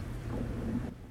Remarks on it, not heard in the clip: That's my stomach growling. You're probably going to hear it intermittently. Put off his dinner to come join us on the podcast.